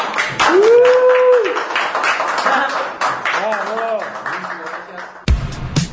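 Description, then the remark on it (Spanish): Steady, dense clapping from a small group, with voices whooping and cheering over it in rising and falling cries, before it cuts off abruptly near the end. “¡Aplausos ahí!”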